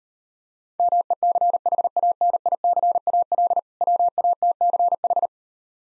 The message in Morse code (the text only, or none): MECHANICAL WATCH